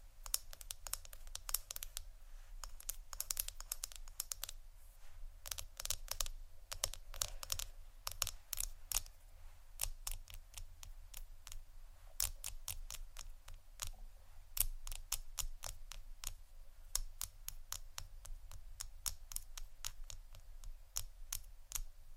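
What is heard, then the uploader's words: Quick, sharp taps on hard objects come in uneven flurries, sometimes several in a rapid cluster, then brief gaps before the next run. The taps are crisp, with a steady low hum underneath throughout. ASMR Sleepy Tapping (book, Wood, Ceramic, Egg, Etc ) (No Talking).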